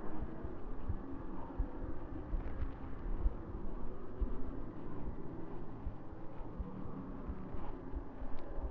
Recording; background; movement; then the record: deep breathing; traffic; walking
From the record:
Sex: male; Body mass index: 20.5 kg/m2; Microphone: on the chest, facing the body